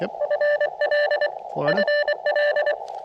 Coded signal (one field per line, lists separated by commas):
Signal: Morse code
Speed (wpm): 21 wpm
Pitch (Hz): 600 Hz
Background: speech, radio noise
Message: FL FL